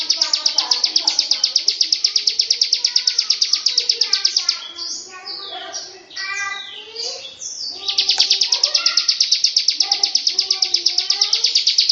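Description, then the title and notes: Bird repeating rapid high chirps, broken in the middle by varied, sweeping warbled phrases before the fast chirping returns. "Bird Sound. Kicau Burung Lengkap"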